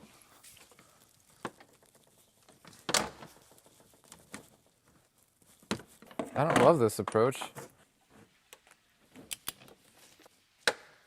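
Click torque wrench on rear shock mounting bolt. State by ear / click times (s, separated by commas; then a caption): not seated / none. A click-type torque wrench tightens a rear shock mounting bolt on a manual X5, with sharp metallic knocks and ratcheting taps scattered through the clip while someone talks. The expected click at the set torque never comes: the wrench has not clicked yet, and the bolt has not reached its set torque.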